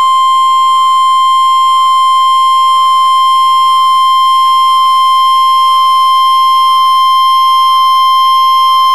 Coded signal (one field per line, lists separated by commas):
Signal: Emergency Alert System (SAME) tones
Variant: 1050 Hz attention tone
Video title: Severe Thunderstorm Warning (EAS #434)